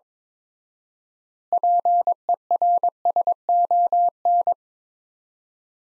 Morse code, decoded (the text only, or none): PERSON